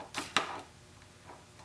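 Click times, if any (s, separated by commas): 0.4 s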